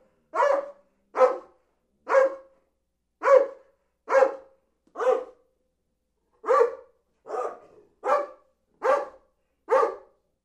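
Dog barking: a steady series of single sharp barks, roughly one every second, with a short pause midway before the barking resumes.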